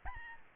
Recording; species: mosquito wingbeat signal from an infrared sensor; Aedes albopictus